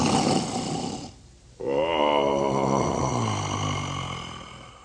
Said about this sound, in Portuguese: Polegar, assim que ouviu os roncos do Furacão, fugiu carregando a chave da gaiola do porão.